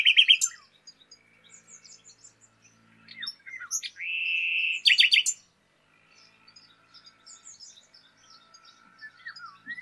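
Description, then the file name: Common nightingale song fragments: a sustained whistled note among sharp clicks and brief chirps. "Luscinia megarhynchos"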